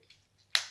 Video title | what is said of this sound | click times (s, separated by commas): Siege - Astrotrain | you'll hear clicks there | 0.5 s